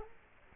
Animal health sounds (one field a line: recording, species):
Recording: mosquito wingbeat signal from an infrared sensor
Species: Culex quinquefasciatus